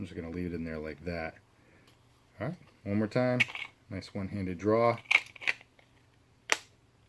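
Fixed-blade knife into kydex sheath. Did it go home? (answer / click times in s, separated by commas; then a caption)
yes / 6.5 s. A fixed-blade knife is drawn one-handed from a kydex sheath and pushed back in while someone talks. It seats with a sharp click at 6.5 s, after a few small taps just before it.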